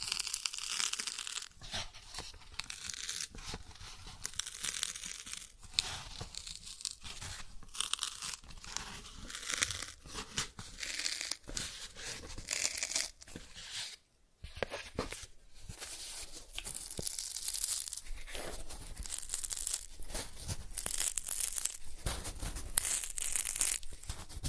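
Cardboard is scratched and torn in a dense, irregular run of crackling, crinkling rasps, with a brief near-silent pause around fourteen seconds.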